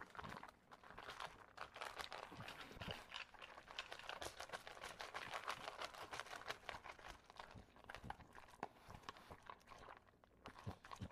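An English Bulldog eats kibble with a steady rush of crunchy clicks and chomps, broken by snorts and heavy breathing throughout.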